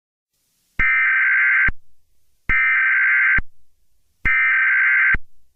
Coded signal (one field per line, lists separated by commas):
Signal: Emergency Alert System (SAME) tones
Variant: header bursts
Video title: EAS Scenario | Toy Story 5: Plastic Rebellion (#92)